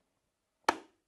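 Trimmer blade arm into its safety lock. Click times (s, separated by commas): 0.7 s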